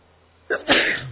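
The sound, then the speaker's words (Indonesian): A single sneeze: a short, sharp intake of breath, then a loud, breathy burst that fades out over a fraction of a second. No talking. “Alhamdulillah.”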